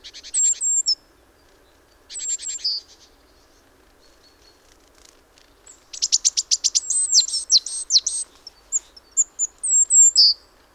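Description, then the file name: Great tit calls: two thin high descending notes and a lower sharp note, repeated, then a long run of buzzy churring notes mixed with high whistles. "Parus major"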